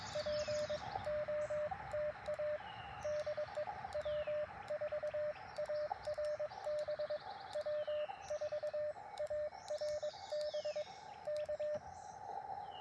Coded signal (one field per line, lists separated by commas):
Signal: Morse code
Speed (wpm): 22 wpm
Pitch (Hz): 600 Hz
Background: radio noise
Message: POTA DE W4ARB W4ARB K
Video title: Morning Morse Code - 05/07/2024